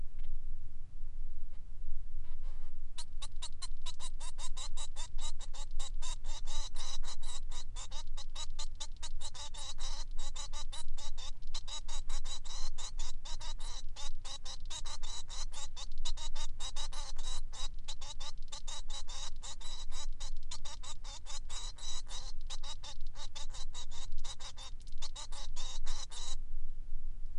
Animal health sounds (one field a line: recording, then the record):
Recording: song of a male Bengalese finch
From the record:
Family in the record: son of father 3